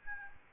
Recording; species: mosquito wingbeat signal from an infrared sensor; Aedes albopictus